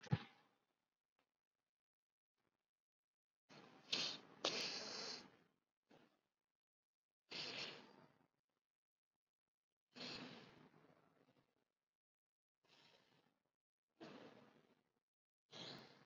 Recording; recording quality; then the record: shallow breathing; excellent, no background noise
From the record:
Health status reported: COVID-19 positive, no symptoms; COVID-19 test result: positive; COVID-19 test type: RT-PCR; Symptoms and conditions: hypertension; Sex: male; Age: 69 years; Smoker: no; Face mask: not worn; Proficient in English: no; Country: India